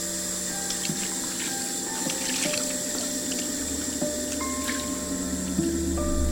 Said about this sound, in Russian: Умывается под краном.